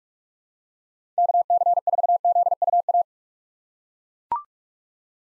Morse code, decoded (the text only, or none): KC4ZUA